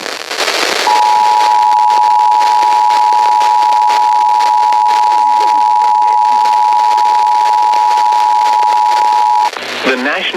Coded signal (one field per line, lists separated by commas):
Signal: Emergency Alert System (SAME) tones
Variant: 853 and 960 Hz attention tone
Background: speech